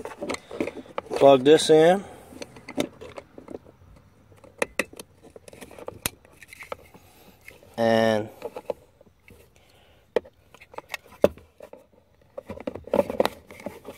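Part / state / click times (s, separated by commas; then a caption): plastic aux port housing or trim into the dashboard opening / not seated / none. Someone talks while plugging in the wiring for an RCA aux port on a 2015 Mitsubishi Lancer, with the plastic aux port housing or trim handled at its opening in the dashboard. Scattered sharp ticks and light rattles of handling are heard, with the loudest taps around 4.8 s, 6.1 s, 10.2 s and 11.2 s. Nothing has seated or snapped in yet.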